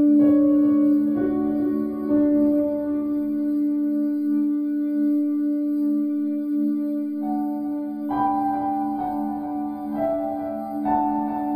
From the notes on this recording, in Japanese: 528Hzのヒーリング音源